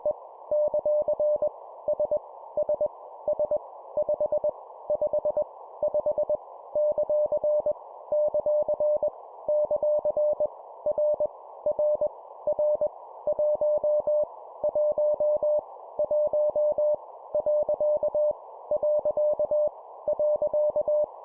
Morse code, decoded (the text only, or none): E ; S S S 5 5 5 ; ; ; R R R 1 1 1 . . .